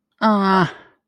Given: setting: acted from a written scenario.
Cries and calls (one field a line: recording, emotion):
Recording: vocal sound without words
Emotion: disappointment